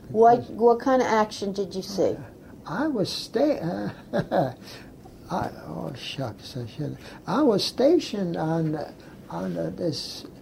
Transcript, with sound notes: Wa - what kind of action did you see?
I was sa - ah (laughs) I - oh shucks I should - I was stationed on the - on the this